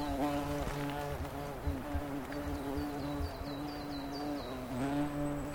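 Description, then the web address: Bumblebee buzzing, a low steady hum with harmonics that wavers slightly in pitch, with brief high chirps in the background. Large bumblebee. "Sound Effects-Foundation 3 INSECT BUMBLE BEE LARGE"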